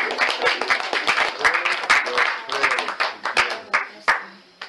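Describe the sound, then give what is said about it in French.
A church audience breaks into steady applause during a service, dense overlapping claps that swell and thin out over a few seconds, with a few voices calling out underneath. “C'est ça, applaudis justement.”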